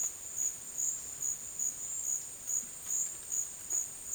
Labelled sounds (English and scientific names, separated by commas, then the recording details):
none
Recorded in dense forest near Puerto Asís, Putumayo, Colombia, on 24 June 2025 at 12:30
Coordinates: 0.484, -76.325
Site H65